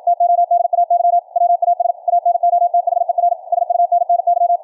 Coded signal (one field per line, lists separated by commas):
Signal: Morse code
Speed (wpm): 53 wpm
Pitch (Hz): 700 Hz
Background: radio noise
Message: TODAY WAS ANOTHER SUNNY